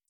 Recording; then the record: hydrophone in a shrimp aquaculture tank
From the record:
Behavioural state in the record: feeding